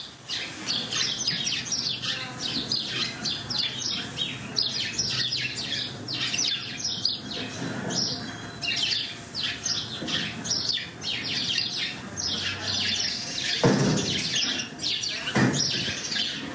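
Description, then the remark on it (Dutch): A crowd of house sparrows chirps constantly in a horse stable in Katwijk, dense overlapping bright tweets and squawks with no pause, while a couple of low thuds land near the end. “Ja, een extreem gezellig geluid, die huismussen daar in de stal in Katwijk.”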